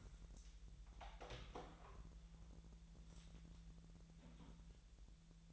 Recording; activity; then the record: daily activity, microphone in the room; open door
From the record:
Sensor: 3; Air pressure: 1001.4 hPa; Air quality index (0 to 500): 250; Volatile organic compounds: 157 ppm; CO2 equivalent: 4053 ppm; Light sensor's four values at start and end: 12/29/12/12 and 11/26/10/10